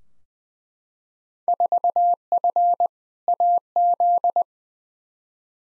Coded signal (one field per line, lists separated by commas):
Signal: Morse code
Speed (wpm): 20 wpm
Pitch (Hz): 700 Hz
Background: none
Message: 4F AZ